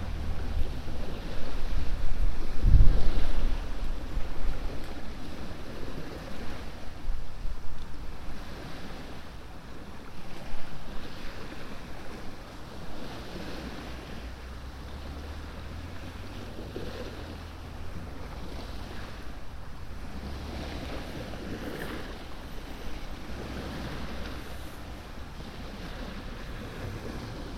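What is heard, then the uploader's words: A binaural field recording made sitting near a lighthouse in Florida, filled with a steady wash of surf and wind. A low rumble, possibly a passing boat, swells through the first ten seconds with a sharp thump near three seconds, then fades to a calmer, even hiss. A binaural field recording, sitting near a light house in Florida.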